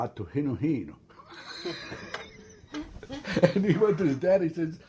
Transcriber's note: both laugh